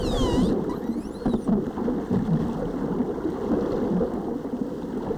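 Whale whistles, a falling harmonic whistle at the start followed by a second swept whistle, over constant underwater crackling and hiss.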